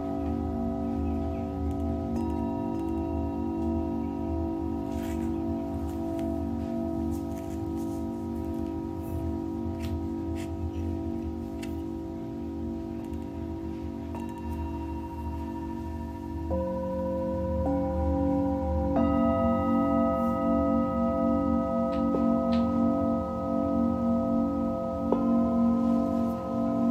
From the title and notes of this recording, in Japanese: 深夜のシンギングボウルのサウンドヒーリング。チベタンシンギングボウル。メキシコ。